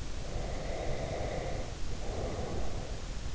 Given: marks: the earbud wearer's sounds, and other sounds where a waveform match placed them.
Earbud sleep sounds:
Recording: sounds in sleep by an in-ear microphone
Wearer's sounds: breath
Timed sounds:
0.25-3.18 s: breath

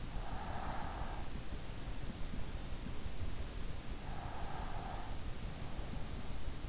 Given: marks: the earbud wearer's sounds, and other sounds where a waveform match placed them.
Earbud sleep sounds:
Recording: sounds in sleep by an in-ear microphone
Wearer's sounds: breath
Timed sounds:
0.00-1.65 s: breath
4.05-5.63 s: breath

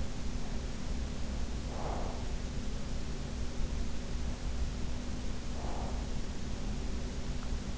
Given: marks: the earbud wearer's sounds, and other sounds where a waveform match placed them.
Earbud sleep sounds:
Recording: sounds in sleep by an in-ear microphone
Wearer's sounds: breath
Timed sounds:
1.66-2.33 s: breath
5.44-6.14 s: breath

